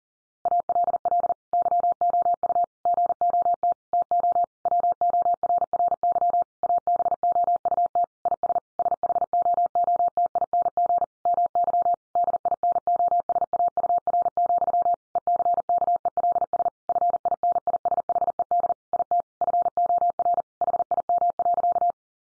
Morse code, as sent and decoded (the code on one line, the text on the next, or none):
.- .-.. .-.. / -.-- --- ..- / --. --- - / - --- / .-- --- .-. .-. -.-- / .- -... --- ..- - / .. ... / ... .... --- --- - .. -. --. / -- -.-- / -.. .. -. --- ... .- ..- .-. --..-- / . -.-. -.- . .-.. ... / ..-. .. -. .. ... .... . -.. / .. - / ..-. --- .-. / .... .. -- .-.-.-
ALL YOU GOT TO WORRY ABOUT IS SHOOTING MY DINOSAUR, ECKELS FINISHED IT FOR HIM.